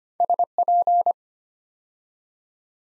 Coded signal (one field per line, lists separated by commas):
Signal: Morse code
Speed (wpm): 25 wpm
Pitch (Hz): 700 Hz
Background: none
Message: SP